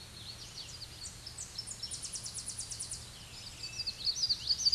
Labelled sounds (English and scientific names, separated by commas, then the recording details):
Tennessee Warbler (Leiothlypis peregrina) song
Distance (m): 30 m
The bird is about 5 m below the microphone
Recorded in a Pennsylvania forest on 16 May 2024 at 07:45
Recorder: AudioMoth, point MSD-1892
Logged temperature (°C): 14.5 °C
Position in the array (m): 82 m, 73 m